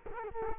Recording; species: mosquito wingbeat signal from an infrared sensor; Culex quinquefasciatus